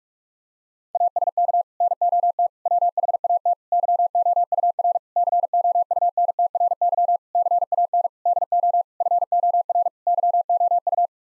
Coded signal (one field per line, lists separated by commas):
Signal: Morse code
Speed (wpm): 41 wpm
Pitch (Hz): 700 Hz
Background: none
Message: ASK NOT WHAT YOUR COUNTRY CAN DO FOR YOU